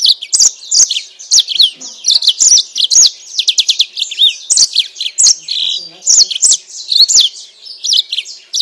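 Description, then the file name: Yellow-fronted canary in steady song, a busy flow of high sweet twitters, quick trills and downslurred whistles with hardly any pause. Mozambique singer used for training captive birds. "mozambik omkicau"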